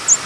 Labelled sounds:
American Redstart flight call

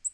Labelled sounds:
Black-throated Green Warbler flight call

